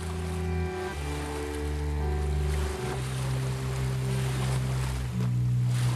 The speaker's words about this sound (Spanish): La correntada, la correntada. Trae los sonidos del río hasta vos.